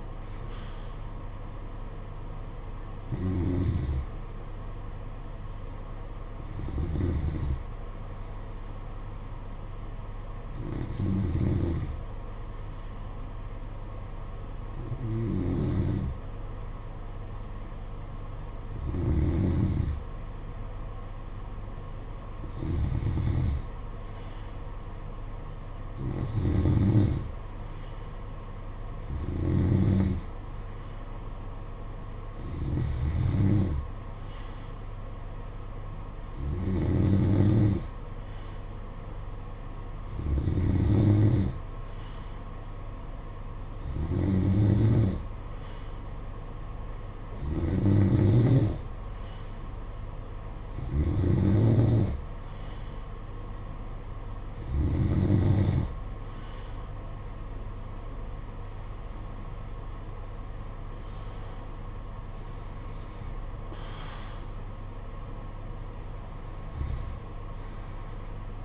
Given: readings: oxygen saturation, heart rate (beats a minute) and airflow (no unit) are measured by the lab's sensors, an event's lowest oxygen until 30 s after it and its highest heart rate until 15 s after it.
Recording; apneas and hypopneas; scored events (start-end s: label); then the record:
breathing in sleep by a smartphone at the bedside; 1
6.00-51.70 s: hypopnea (N2, oxygen 96% highest, then 93% lowest, heart rate 53 at the start, 57 highest)
From the record:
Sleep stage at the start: N2 (light sleep); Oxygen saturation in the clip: 91 to 96%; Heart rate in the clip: 52 to 57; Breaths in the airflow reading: 18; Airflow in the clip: -10.3 to 8.3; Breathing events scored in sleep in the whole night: 476 in 9.7 hours asleep